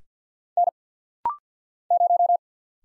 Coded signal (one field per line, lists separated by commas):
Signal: Morse code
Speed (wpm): 50 wpm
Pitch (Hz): 700 Hz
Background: none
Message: N 0